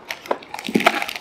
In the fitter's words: ఇదిగోండి అతని ద్వారా మొత్తం పెట్టేసాను అన్నమాట సో లాక్ అయిపోయింది ఇక్కడికి